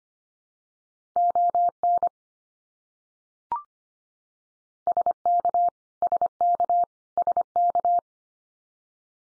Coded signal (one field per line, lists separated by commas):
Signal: Morse code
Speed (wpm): 25 wpm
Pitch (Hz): 700 Hz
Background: none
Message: ON SK SK SK